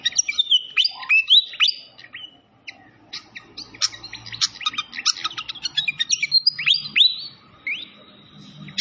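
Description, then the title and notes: Malaysian pied fantail song, bright whistled slurs at the start, then a steady stream of short squeaky chirps and more whistles. Masteran training recording of clear-voiced song, mixed with the sound of flowing, babbling water. "Masteran Sikatan Kipas Suara Jernih Dan Suara Gemericik Air. Suara Burung Sikatan Londo"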